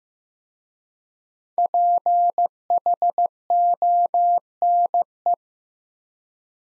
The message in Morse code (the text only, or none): PHONE